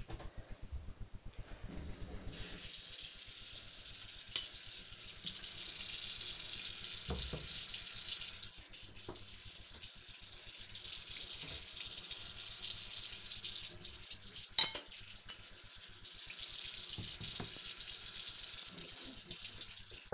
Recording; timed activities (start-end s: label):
household activities, microphone on the right wrist
0.00-20.13 s: washing dishes